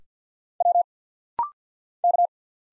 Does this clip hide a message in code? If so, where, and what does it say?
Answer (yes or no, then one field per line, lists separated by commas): yes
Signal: Morse code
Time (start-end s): 0.6-2.3 s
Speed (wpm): 50 wpm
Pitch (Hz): 700 Hz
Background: none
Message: W K